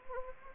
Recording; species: mosquito wingbeat signal from an infrared sensor; Anopheles gambiae